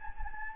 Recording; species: mosquito wingbeat signal from an infrared sensor; Anopheles gambiae